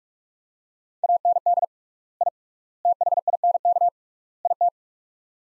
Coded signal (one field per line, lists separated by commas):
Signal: Morse code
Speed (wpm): 44 wpm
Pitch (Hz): 700 Hz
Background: none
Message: AND I THINK IT